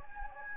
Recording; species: mosquito wingbeat signal from an infrared sensor; Anopheles gambiae